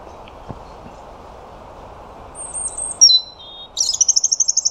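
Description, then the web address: European robin: songbird giving a few very high thin notes, a dropping whistle, then a rapid pulsing trill, after a quiet start with low hiss. "Deverinetal 2025 File origin Bird Only Er Ru"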